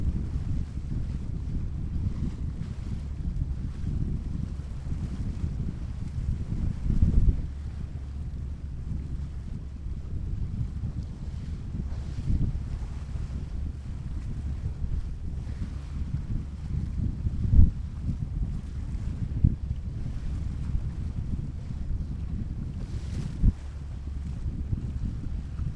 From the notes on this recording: Ocean waves & wind